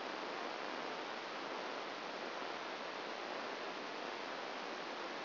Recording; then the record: brain microelectrode recording played as sound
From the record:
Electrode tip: outside the subthalamic nucleus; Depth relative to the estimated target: 4 mm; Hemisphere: left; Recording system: AlphaMap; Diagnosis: Parkinson's disease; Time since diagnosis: 9 years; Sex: male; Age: 68 years